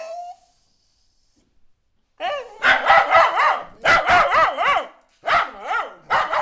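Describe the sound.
Dog barking and crying, a burst of high, wavering yelping barks that rise and fall in pitch, coming in quick runs after a short sound and a silent pause.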